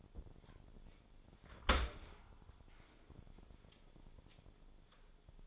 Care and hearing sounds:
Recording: daily activity, microphone in the room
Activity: open dishwasher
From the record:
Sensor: 5

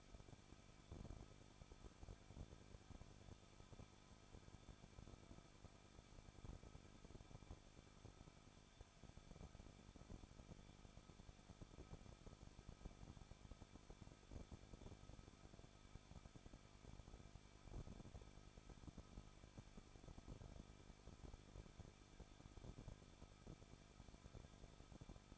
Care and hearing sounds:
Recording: daily activity, microphone in the room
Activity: no activity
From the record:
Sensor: 5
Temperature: 20.7 degrees Celsius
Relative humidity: 38.6%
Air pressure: 1006.4 hPa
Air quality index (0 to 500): 192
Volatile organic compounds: 21 ppm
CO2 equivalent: 2715 ppm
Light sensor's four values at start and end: 2/3/1/1 and 2/3/1/1

